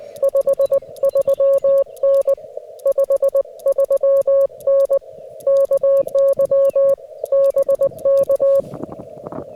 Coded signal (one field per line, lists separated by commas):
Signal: Morse code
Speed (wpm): 20 wpm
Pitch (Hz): 550 Hz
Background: none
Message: 53N 53N KY BK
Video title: TOUGH CW QRP POTA ACTIVATION @ KY HORSE PARK | FT-891 | ZM-2 | 9:1 EFRW